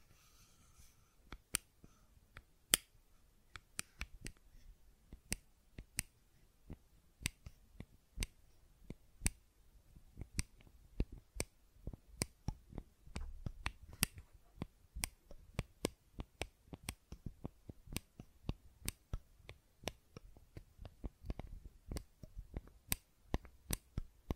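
Sharp clicks and taps from a fidget cube come in an irregular, fairly dense stream, several per second, each a crisp bright snap with a short dull thump beneath. Some land louder than others, and a faint low rumble and soft handling noise fill the gaps.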